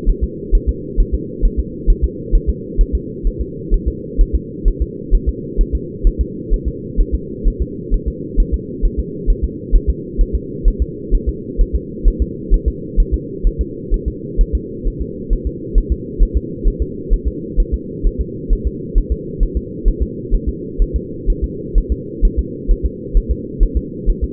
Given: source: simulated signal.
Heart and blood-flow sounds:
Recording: fetal heart sounds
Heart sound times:
0.09 s: S1
0.24 s: S2
0.55 s: S1
0.69 s: S2
1.00 s: S1
1.14 s: S2
1.45 s: S1
1.59 s: S2
1.90 s: S1
2.04 s: S2
2.35 s: S1
2.49 s: S2
2.81 s: S1
2.95 s: S2
3.27 s: S1
3.41 s: S2
3.74 s: S1
3.88 s: S2
4.21 s: S1
4.35 s: S2
4.68 s: S1
4.82 s: S2
5.15 s: S1
5.29 s: S2
5.61 s: S1
5.75 s: S2
6.07 s: S1
6.21 s: S2
6.53 s: S1
6.68 s: S2
7.00 s: S1
7.15 s: S2
7.47 s: S1
7.62 s: S2
7.94 s: S1
8.08 s: S2
8.40 s: S1
8.54 s: S2
8.85 s: S1
8.99 s: S2
9.30 s: S1
9.44 s: S2
9.75 s: S1
9.89 s: S2
10.21 s: S1
10.35 s: S2
10.68 s: S1
10.82 s: S2
11.15 s: S1
11.29 s: S2
11.61 s: S1
11.75 s: S2
12.08 s: S1
12.22 s: S2
12.54 s: S1
12.68 s: S2
13.00 s: S1
13.14 s: S2
13.47 s: S1
13.61 s: S2
13.94 s: S1
14.08 s: S2
14.41 s: S1
14.55 s: S2
14.87 s: S1
15.02 s: S2
15.33 s: S1
15.47 s: S2
15.78 s: S1
15.92 s: S2
16.22 s: S1
16.37 s: S2
16.68 s: S1
16.82 s: S2
17.13 s: S1
17.28 s: S2
17.60 s: S1
17.74 s: S2
18.07 s: S1
18.21 s: S2
18.53 s: S1
18.67 s: S2
18.98 s: S1
19.12 s: S2
19.43 s: S1
19.57 s: S2
19.88 s: S1
20.02 s: S2
20.34 s: S1
20.49 s: S2
20.82 s: S1
20.96 s: S2
21.30 s: S1
21.44 s: S2
21.78 s: S1
21.92 s: S2
22.25 s: S1
22.39 s: S2
22.71 s: S1
22.85 s: S2
23.17 s: S1
23.31 s: S2
23.63 s: S1
23.77 s: S2
24.10 s: S1
24.24 s: S2
From the record:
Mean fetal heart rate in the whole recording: 130 bpm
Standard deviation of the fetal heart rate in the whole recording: 4 bpm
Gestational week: 38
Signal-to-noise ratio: -4.1 dB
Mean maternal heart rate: no maternal heart sound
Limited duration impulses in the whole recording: absent

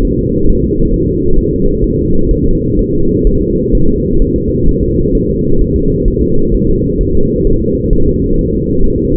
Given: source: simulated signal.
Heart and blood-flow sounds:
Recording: fetal heart sounds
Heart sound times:
0.05 s: S1
0.19 s: S2
0.49 s: S1
0.64 s: S2
0.94 s: S1
1.08 s: S2
1.38 s: S1
1.53 s: S2
1.84 s: S1
1.99 s: S2
2.31 s: S1
2.46 s: S2
2.79 s: S1
2.93 s: S2
3.27 s: S1
3.41 s: S2
3.75 s: S1
3.89 s: S2
4.22 s: S1
4.36 s: S2
4.69 s: S1
4.83 s: S2
5.15 s: S1
5.29 s: S2
5.61 s: S1
5.76 s: S2
6.08 s: S1
6.22 s: S2
6.54 s: S1
6.69 s: S2
7.01 s: S1
7.15 s: S2
7.47 s: S1
7.61 s: S2
7.93 s: S1
8.07 s: S2
8.39 s: S1
8.53 s: S2
8.84 s: S1
8.98 s: S2
From the record:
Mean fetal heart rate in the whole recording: 130 bpm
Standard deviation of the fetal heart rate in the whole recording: 4 bpm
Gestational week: 38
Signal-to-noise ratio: -17.7 dB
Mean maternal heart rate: 72 bpm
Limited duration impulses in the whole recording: present

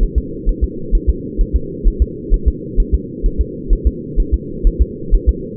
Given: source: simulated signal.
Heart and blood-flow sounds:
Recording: fetal heart sounds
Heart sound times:
0.03 s: S1
0.18 s: S2
0.49 s: S1
0.64 s: S2
0.95 s: S1
1.09 s: S2
1.41 s: S1
1.56 s: S2
1.88 s: S1
2.02 s: S2
2.34 s: S1
2.48 s: S2
2.80 s: S1
2.94 s: S2
3.26 s: S1
3.41 s: S2
3.73 s: S1
3.87 s: S2
4.20 s: S1
4.34 s: S2
4.67 s: S1
4.82 s: S2
5.15 s: S1
5.29 s: S2
From the record:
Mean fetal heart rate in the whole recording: 130 bpm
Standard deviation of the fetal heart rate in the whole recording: 2 bpm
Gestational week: 38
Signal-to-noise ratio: -4.3 dB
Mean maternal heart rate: 72 bpm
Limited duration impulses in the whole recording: absent

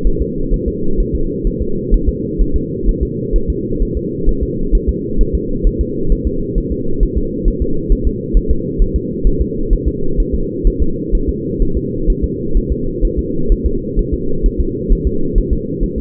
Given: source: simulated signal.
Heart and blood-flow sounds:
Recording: fetal heart sounds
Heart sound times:
0.07 s: S1
0.22 s: S2
0.54 s: S1
0.68 s: S2
1.00 s: S1
1.15 s: S2
1.47 s: S1
1.62 s: S2
1.94 s: S1
2.09 s: S2
2.41 s: S1
2.56 s: S2
2.89 s: S1
3.03 s: S2
3.36 s: S1
3.50 s: S2
3.83 s: S1
3.97 s: S2
4.29 s: S1
4.43 s: S2
4.75 s: S1
4.89 s: S2
5.21 s: S1
5.35 s: S2
5.67 s: S1
5.81 s: S2
6.12 s: S1
6.27 s: S2
6.58 s: S1
6.72 s: S2
7.03 s: S1
7.18 s: S2
7.48 s: S1
7.62 s: S2
7.92 s: S1
8.07 s: S2
8.37 s: S1
8.51 s: S2
8.82 s: S1
8.96 s: S2
9.27 s: S1
9.41 s: S2
9.73 s: S1
9.88 s: S2
10.20 s: S1
10.34 s: S2
10.67 s: S1
10.82 s: S2
11.15 s: S1
11.29 s: S2
11.62 s: S1
11.77 s: S2
12.10 s: S1
12.24 s: S2
12.57 s: S1
12.72 s: S2
13.05 s: S1
13.19 s: S2
13.52 s: S1
13.66 s: S2
13.99 s: S1
14.14 s: S2
14.46 s: S1
14.60 s: S2
14.92 s: S1
15.07 s: S2
15.38 s: S1
15.53 s: S2
15.84 s: S1
15.98 s: S2
From the record:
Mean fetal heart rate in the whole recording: 130 bpm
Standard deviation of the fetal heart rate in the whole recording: 2 bpm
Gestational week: 38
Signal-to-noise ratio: -8.1 dB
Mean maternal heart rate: 72 bpm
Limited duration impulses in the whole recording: absent

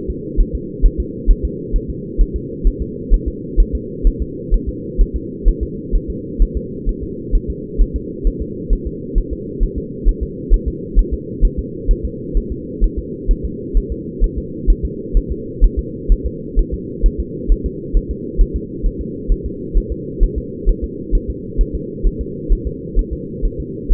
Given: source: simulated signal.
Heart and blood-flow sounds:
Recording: fetal heart sounds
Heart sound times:
0.10 s: S2
0.41 s: S1
0.55 s: S2
0.85 s: S1
1.00 s: S2
1.31 s: S1
1.45 s: S2
1.76 s: S1
1.90 s: S2
2.21 s: S1
2.36 s: S2
2.67 s: S1
2.82 s: S2
3.14 s: S1
3.28 s: S2
3.60 s: S1
3.75 s: S2
4.07 s: S1
4.22 s: S2
4.54 s: S1
4.69 s: S2
5.01 s: S1
5.16 s: S2
5.48 s: S1
5.63 s: S2
5.95 s: S1
6.10 s: S2
6.42 s: S1
6.57 s: S2
6.89 s: S1
7.03 s: S2
7.35 s: S1
7.50 s: S2
7.81 s: S1
7.96 s: S2
8.27 s: S1
8.42 s: S2
8.73 s: S1
8.87 s: S2
9.18 s: S1
9.33 s: S2
9.63 s: S1
9.78 s: S2
10.08 s: S1
10.23 s: S2
10.54 s: S1
10.68 s: S2
10.99 s: S1
11.13 s: S2
11.45 s: S1
11.59 s: S2
11.91 s: S1
12.05 s: S2
12.37 s: S1
12.52 s: S2
12.84 s: S1
12.99 s: S2
13.31 s: S1
13.45 s: S2
13.77 s: S1
13.92 s: S2
14.24 s: S1
14.38 s: S2
14.70 s: S1
14.85 s: S2
15.17 s: S1
15.31 s: S2
15.64 s: S1
15.79 s: S2
16.12 s: S1
16.26 s: S2
16.59 s: S1
16.74 s: S2
17.06 s: S1
17.20 s: S2
17.52 s: S1
17.66 s: S2
17.97 s: S1
18.11 s: S2
18.41 s: S1
18.56 s: S2
18.86 s: S1
19.01 s: S2
19.32 s: S1
19.46 s: S2
19.77 s: S1
19.92 s: S2
20.23 s: S1
20.38 s: S2
20.69 s: S1
20.84 s: S2
21.15 s: S1
21.30 s: S2
21.61 s: S1
21.75 s: S2
22.07 s: S1
22.21 s: S2
22.52 s: S1
22.67 s: S2
22.99 s: S1
23.13 s: S2
23.45 s: S1
23.60 s: S2
23.92 s: S1
From the record:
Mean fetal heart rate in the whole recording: 130 bpm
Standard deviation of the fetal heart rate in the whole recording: 2 bpm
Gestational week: 38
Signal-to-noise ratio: -4.1 dB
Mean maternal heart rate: no maternal heart sound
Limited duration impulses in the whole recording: absent

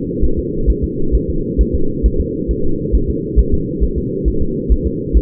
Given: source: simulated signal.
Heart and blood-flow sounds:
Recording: fetal heart sounds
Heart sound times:
0.24 s: S1
0.39 s: S2
0.70 s: S1
0.84 s: S2
1.15 s: S1
1.30 s: S2
1.61 s: S1
1.75 s: S2
2.06 s: S1
2.20 s: S2
2.51 s: S1
2.65 s: S2
2.95 s: S1
3.10 s: S2
3.39 s: S1
3.54 s: S2
3.84 s: S1
3.98 s: S2
4.28 s: S1
4.42 s: S2
4.72 s: S1
4.87 s: S2
5.17 s: S1
From the record:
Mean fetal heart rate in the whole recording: 135 bpm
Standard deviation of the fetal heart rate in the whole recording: 3 bpm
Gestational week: 34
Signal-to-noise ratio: -8.1 dB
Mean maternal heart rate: 72 bpm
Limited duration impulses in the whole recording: absent

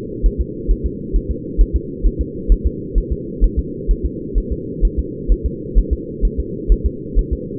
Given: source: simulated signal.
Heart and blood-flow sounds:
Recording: fetal heart sounds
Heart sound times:
0.26 s: S1
0.41 s: S2
0.71 s: S1
0.86 s: S2
1.16 s: S1
1.31 s: S2
1.61 s: S1
1.76 s: S2
2.06 s: S1
2.21 s: S2
2.52 s: S1
2.66 s: S2
2.98 s: S1
3.12 s: S2
3.44 s: S1
3.59 s: S2
3.91 s: S1
4.06 s: S2
4.38 s: S1
4.52 s: S2
4.85 s: S1
4.99 s: S2
5.32 s: S1
5.46 s: S2
5.78 s: S1
5.93 s: S2
6.25 s: S1
6.40 s: S2
6.72 s: S1
6.86 s: S2
7.19 s: S1
7.33 s: S2
From the record:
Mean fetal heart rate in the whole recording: 130 bpm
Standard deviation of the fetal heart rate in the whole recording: 2 bpm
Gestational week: 36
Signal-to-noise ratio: -4.1 dB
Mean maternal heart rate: no maternal heart sound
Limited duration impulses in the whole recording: absent

